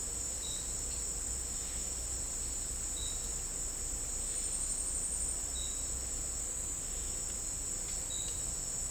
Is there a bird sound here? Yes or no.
no